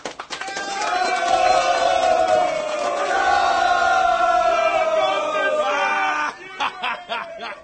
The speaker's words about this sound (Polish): Puść mi dżingiel, że brawo, biją mi, fajnie. Proszę.